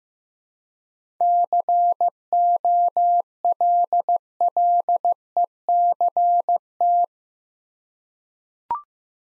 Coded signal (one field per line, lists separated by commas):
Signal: Morse code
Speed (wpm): 15 wpm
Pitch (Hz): 700 Hz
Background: none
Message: COLLECT